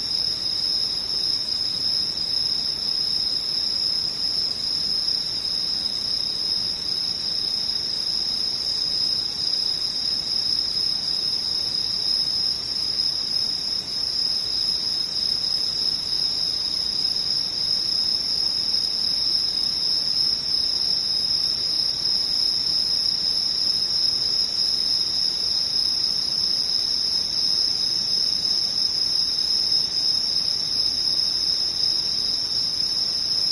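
Insects trill in a dense, unbroken high chorus, steady and shrill throughout, with a faint low hiss underneath and no pauses.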